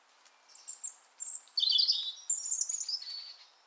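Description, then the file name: European robin singing a high, thin whistled phrase that breaks into a jumbled, tinkling warble and then tapers off. "Erithacus rubecula"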